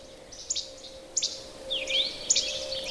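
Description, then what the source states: Philadelphia Vireo song: a few high, sweet, slurred phrases with short gaps between them. Sung high in the tops of aspens whose leaves are just popping; phrased song repeating 'cheerie, cheerie'; higher pitched and sweeter than the similar song of the red-eyed vireo.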